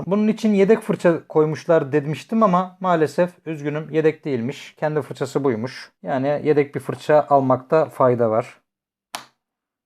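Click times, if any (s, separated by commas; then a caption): 9.2 s. Someone talks for about 8.5 seconds, then after a short silence a single sharp snap is heard at 9.2 s as a part of the brush assembly (the main brush or brush cover) of a Mi Mop 2 Pro+ robot vacuum is pressed into place on the underside of the robot's plastic body. The part seats firmly with that one click.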